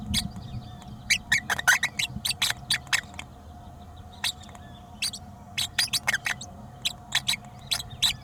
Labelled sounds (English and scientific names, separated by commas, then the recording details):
Green-rumped Parrotlet (Forpus passerinus) babbling
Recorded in a nest box in Venezuela
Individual 18B104A5